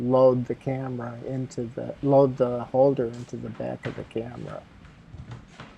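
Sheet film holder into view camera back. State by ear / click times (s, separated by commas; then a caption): seated / 5.6 s. A sheet film holder is pushed into the spring-loaded back of a large-format view camera while someone talks. After the speech fades, a soft scrape is followed by a short click at 5.6 s as the holder snaps into the camera back and seats.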